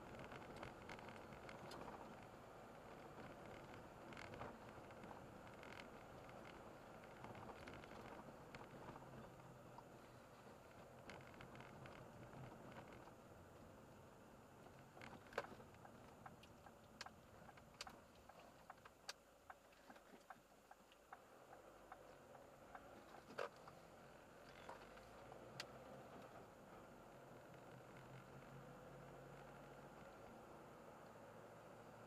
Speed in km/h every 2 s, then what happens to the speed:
39, 41, 40, 40, 34, 34, 31, 29, 18, 0, 6, 16, 30, 34, 39, 42.
0-6 steady at about 40. 6-18 slows to 0. 19-32 pulls away to 42.